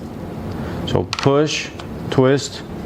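A new plastic air filter is pushed and twisted into the filter housing of a Stihl MS 271 Farm Boss chainsaw while someone talks over a low background hum. Nothing has seated or clicked yet.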